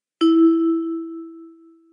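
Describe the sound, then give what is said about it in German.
A single bright strike of a hotel reception bell, rung when no one is at the reception desk, a clear metallic ding that rings out and slowly fades over about two seconds. No voices are heard. “Ist gerade niemand am Empfang oder ist die Tür außen vom Hotel noch geschlossen, dann hilft die Klingel und hoffentlich ist gleich jemand da.”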